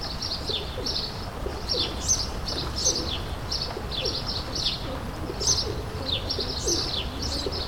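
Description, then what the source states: Sparrows calling with many sharp, slightly down-slurred chirps over a low steady background noise. Several sparrows, suburban ambient, May 2022.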